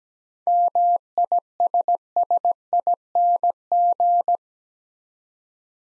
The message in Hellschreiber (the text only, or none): none